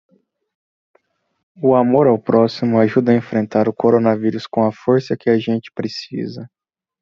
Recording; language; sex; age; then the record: spoken sentence; Brazilian Portuguese; male; 20 to 29 years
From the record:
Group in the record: control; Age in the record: 24 years